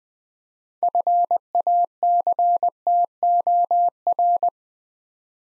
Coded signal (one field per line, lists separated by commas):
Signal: Morse code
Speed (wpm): 20 wpm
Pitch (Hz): 700 Hz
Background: none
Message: FACTOR